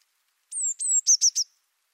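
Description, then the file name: Eurasian blue tit call: two thin, high, slightly falling whistled notes followed by three quick buzzy scolding notes, all within a second, otherwise quiet. "Cyanistes caeruleus"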